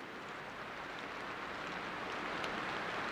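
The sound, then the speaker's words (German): Steady rain pours down in a dense, even hiss, with scattered tiny drop ticks in the texture. It holds a constant, fairly soft level throughout, with no voices. “Regen. Komm runter.”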